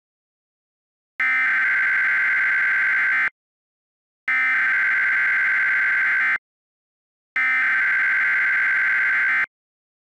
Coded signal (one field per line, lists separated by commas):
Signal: Emergency Alert System (SAME) tones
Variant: header bursts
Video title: Caillou Goes to Sesame Street - Bonus EAS Video